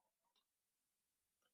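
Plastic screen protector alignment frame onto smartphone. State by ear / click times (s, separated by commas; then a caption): not seated / none. A plastic installation guide frame for an ArmorSuit tempered glass screen protector is handled and lined up on an iPhone 15 Plus, matching its top and bottom. Faint light ticks of plastic contact are heard near 0.4 s and 1.4 s over a quiet background. Nothing has clicked or seated yet.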